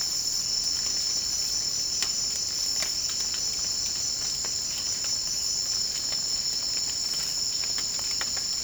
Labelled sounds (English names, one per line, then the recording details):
none
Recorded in secondary vegetation near Puerto Asís, Putumayo, Colombia, on 21 March 2025 at 16:00
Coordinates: 0.502, -76.326
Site G100